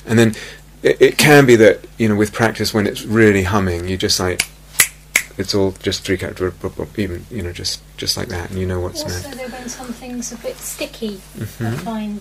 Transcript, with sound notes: And then it can be that, you know, with practice, when it's really humming, you just like, [snaps fingers repeatedly] it's all just three characteristics, blub blub, even, you know, just like that, and you know what's...
Also there have been some things a bit sticky, I find.